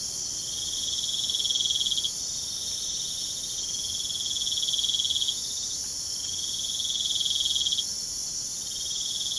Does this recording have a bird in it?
no